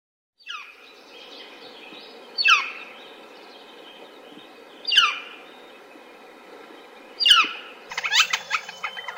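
Northern flicker uttering sharp, downward-slurred single calls, four in all, spaced a couple of seconds apart, followed by a short burst of chattering notes.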